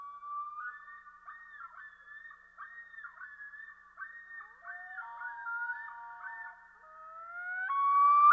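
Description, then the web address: Common Loon calling with a wavering tremolo of quavering notes, then a long wailing tone that steps up and rises sharply at the end. "Dan Gibson Wildlife Identification By Sound, Eastern North America Pt 1 Common Loon"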